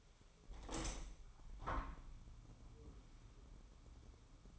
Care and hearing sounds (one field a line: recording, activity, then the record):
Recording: daily activity, microphone in the room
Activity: open window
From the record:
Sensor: 1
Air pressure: 1006.5 hPa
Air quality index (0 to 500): 209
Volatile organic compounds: 24 ppm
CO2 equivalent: 2810 ppm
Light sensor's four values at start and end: 12/30/12/13 and 12/32/12/14